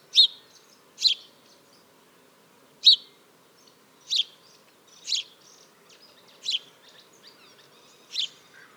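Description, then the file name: House sparrow chirping, a series of harsh short notes at uneven intervals, some softer and blurred, over a quiet humming background. "Passer domesticus"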